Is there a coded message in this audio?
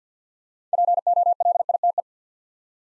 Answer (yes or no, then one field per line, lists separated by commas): yes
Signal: Morse code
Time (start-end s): 0.7-2.0 s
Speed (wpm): 50 wpm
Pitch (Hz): 700 Hz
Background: none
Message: POLITE